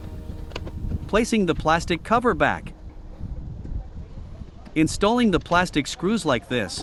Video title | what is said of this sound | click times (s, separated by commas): How To change Headlight Bulbs in 2006-2014 Kia Sedona / Carnival aka Hyundai Entourage | carefully push it like this until it clicks | 0.6 s